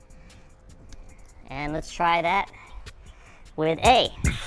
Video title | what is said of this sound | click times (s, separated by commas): Best Car Wash Kit with Foam Gun 2026 – Foam Gun & Foam Cannon Tested for a Pro Shine | So we put that in there till it clicks. | 0.9 s